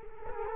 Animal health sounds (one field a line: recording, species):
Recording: mosquito wingbeat signal from an infrared sensor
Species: Culex quinquefasciatus